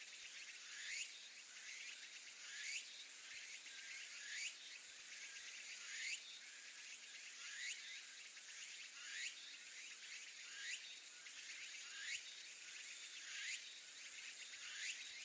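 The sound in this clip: Insect call: continuous high buzzing with sweeps repeated roughly every one and a half seconds.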